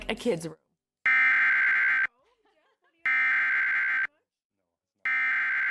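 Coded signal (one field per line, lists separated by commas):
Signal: Emergency Alert System (SAME) tones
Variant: header bursts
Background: speech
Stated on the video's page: Severe thunderstorm warning in Texas.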